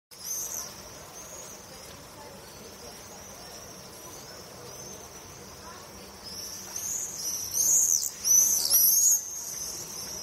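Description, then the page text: Swifts giving thin, high screams, faint at first, then a loud cluster of shrill overlapping screeches in the last few seconds. "Стрижи - Пение стрижей"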